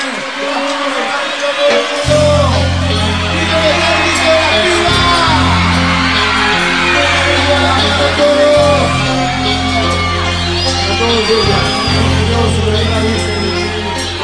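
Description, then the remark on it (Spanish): A loud crowd cheers, whoops and claps without pause, a dense wash of shouts and applause, with a steady low droning tone joining in after the first couple of seconds. “palmas para los, todos los aplausos, de verdad, porfa.”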